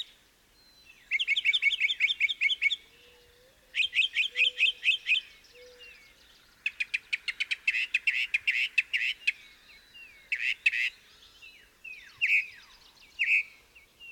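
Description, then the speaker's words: Northern Mockingbird song with varied phrases: rapid stuttered note series, a fast buzzy run, then slurred downward notes, each type repeated before changing. Lone male singing from his perch in semi-darkness before dawn, on the trail to the Window, Big Bend. "In the semi-darkness, a lone mockingbird serenades us as we pass by his perch."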